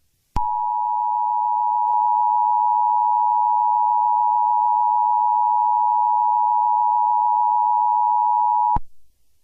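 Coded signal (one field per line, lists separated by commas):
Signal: Emergency Alert System (SAME) tones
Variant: 853 and 960 Hz attention tone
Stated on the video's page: Fictional EAS scenario made with CapCut and other apps, not a real alert.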